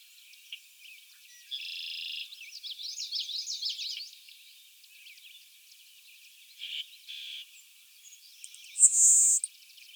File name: Le Contes Sparrow 8 songs